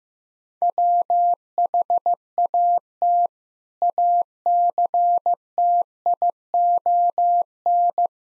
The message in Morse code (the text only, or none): WHAT ACTION